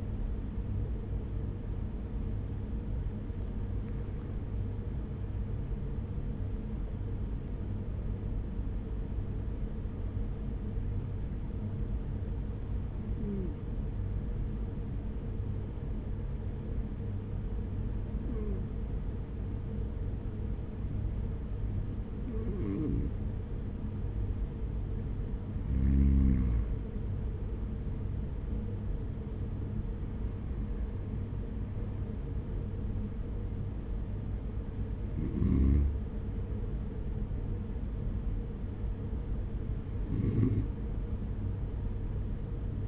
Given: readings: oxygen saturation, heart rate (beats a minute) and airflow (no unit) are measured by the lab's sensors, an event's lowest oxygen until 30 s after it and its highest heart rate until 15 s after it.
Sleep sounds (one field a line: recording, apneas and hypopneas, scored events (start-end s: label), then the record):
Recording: breathing in sleep by a smartphone at the bedside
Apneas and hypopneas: 1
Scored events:
0.00-9.00 s: awake
4.00-25.30 s: hypopnea (scored as awake, oxygen 98% highest, then 90% lowest, heart rate 61 at the start, 61 highest)
8.00-38.00 s: new sleep stage, N1 (lightest sleep)
38.00-42.88 s: new sleep stage, N2 (light sleep)
From the record:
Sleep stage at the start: awake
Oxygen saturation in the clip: 90 to 98%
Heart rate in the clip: 43 to 69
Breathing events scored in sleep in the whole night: 210 in 6.9 hours asleep